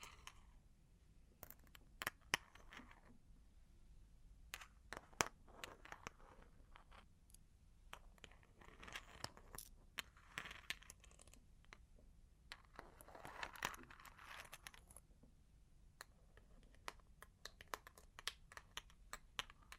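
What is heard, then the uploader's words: Long claws tap and scratch in an irregular stream of sharp clicks, some clustered in quick bursts and others spaced apart. Brighter scraping patches swell around the middle and again near fifteen seconds, over a low, steady rumble underneath. Long Claws Tapping and Scratching (No Talking).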